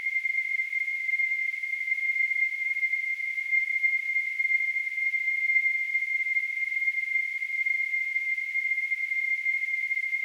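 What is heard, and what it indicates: A steady, high-pitched ringing tone of roughly 2 kHz, with a faint hiss around it, continues unchanged for about ten seconds. It simulates tinnitus, the phantom ringing sound that some people hear in their ears.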